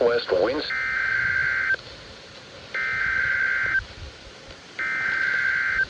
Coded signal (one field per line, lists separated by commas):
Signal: Emergency Alert System (SAME) tones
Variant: header bursts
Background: speech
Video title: WWF75 Tornado Watch #342. 6/17/26 EAS #661